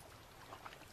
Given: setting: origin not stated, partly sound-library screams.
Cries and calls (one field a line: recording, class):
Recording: one-second piece from a danger detection set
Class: normal situation